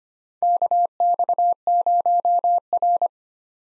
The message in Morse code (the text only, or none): KX0R